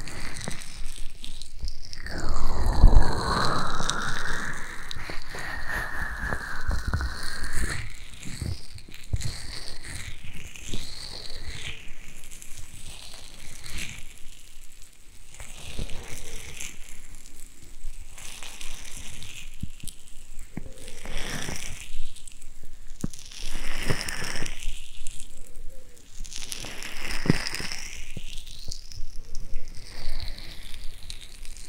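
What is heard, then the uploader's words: An ASMR ear massage with soft rubbing and crinkly, crackling friction sounds that sweep up and down in pitch. The strokes come in slow waves every couple of seconds, with a louder, fuller rub near the start and quieter hissy passages between strokes. ASMR Ear Massage.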